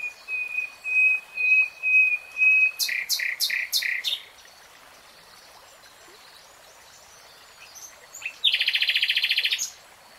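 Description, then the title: Nightingale song opening with soft repeated pure whistles, then loud sharp notes, a pause, and a dense buzzing rattle near the end. Three-hour real-time recording. "[Tiếng chim hót] 3 Hours REALTIME Nightingale Singing"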